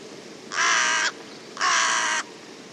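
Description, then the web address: Bird producing two drawn-out harsh caws, each about half a second, separated by a short gap, with light background hiss. "cianscape. Deverinetal 2025. Bird Only"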